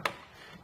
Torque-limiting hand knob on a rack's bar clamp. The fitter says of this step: you'll eventually hear a click letting us know it's torqued down and fully tightened so it's built right in